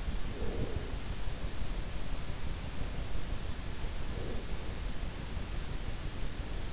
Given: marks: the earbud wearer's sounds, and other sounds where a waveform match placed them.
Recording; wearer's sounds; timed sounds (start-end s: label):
sounds in sleep by an in-ear microphone; breath
0.16-1.45 s: breath
3.82-4.75 s: breath